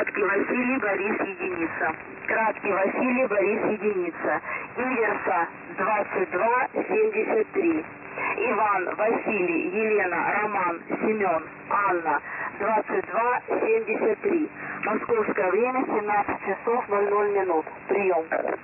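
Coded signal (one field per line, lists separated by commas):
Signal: coded military voice message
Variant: The Pip, Russian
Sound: male Russian voice reading callsign, coded word, numbers 22 73, phonetic spelling, time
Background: radio static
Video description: 00:04 callsign 00:09 message 00:13 message in phonetic alphabet 00:19 Msk time, priyom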